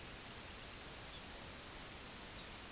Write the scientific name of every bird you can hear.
Calcarius lapponicus